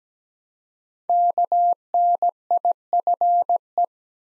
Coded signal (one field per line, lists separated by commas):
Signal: Morse code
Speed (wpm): 17 wpm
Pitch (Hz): 700 Hz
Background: none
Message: KNIFE